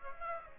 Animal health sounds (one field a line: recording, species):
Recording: mosquito wingbeat signal from an infrared sensor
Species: Aedes aegypti